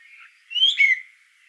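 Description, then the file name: Eurasian blackbird giving a short warbled phrase of clear, slurred whistles, rising and then falling. "solsort volker arnold"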